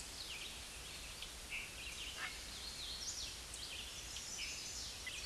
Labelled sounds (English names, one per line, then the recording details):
Hooded Warbler song
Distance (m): 75 m
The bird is about 30 m above the microphone
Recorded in a Pennsylvania forest on 16 May 2024 at 07:53
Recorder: AudioMoth, point MSD-0079
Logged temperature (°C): 16.1 °C
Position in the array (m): 116 m, 138 m